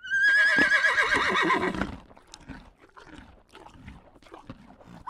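Horse whinny, a single quavering neigh lasting nearly two seconds.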